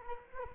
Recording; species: mosquito wingbeat signal from an infrared sensor; Culex quinquefasciatus